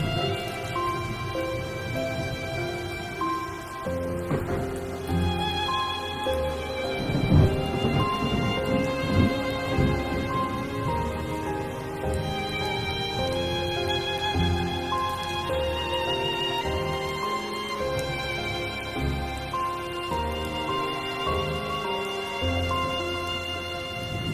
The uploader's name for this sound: original sound tracks with rain